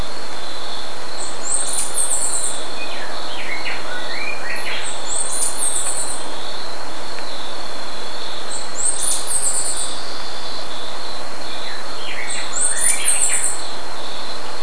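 Bird calling, four short high squeaky chirps spaced a few seconds apart, with some lower notes in between, over a steady high hum and background hiss.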